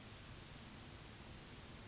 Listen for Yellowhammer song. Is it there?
no